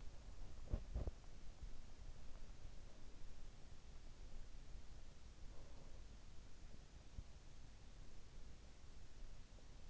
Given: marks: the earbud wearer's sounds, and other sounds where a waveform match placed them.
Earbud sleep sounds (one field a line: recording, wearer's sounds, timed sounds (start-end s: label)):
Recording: sounds in sleep by an in-ear microphone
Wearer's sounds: body movement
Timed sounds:
0.00-2.08 s: body movement